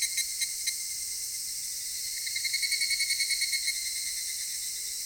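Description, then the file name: Cicadas give a shrill, continuous chorus; a few sharp clicks open, then a throbbing, pulsed phrase comes midway. Recorded in Japan. "Cigales nippon"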